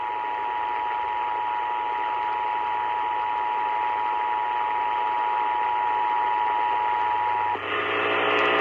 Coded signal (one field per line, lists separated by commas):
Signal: Emergency Alert System (SAME) tones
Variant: 853 and 960 Hz attention tone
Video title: Tennessee (Knoxville) Statewide Amber Alert on WLAC-AM 1510 kHz - 2/22/23 (EAS 1092)